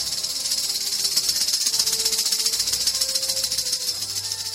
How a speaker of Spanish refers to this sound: Por ejemplo, ese cabroncete llamado Dilophosaurio, que escupía veneno, estaba hecho a través de la combinación de un mono aullador. Un halcón, una serpiente cascabel